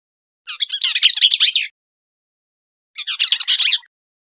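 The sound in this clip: Bell's vireo song, two fast, scratchy, jumbled warbled phrases about a second long, separated by a pause, with no other sounds.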